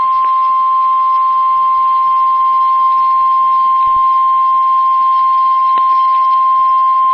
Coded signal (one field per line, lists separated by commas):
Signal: Emergency Alert System (SAME) tones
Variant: 1050 Hz attention tone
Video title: Severe Thunderstorm Warning (Benton, Buchanan, Linn Counties, IA) (8/15/25) [EAS #277]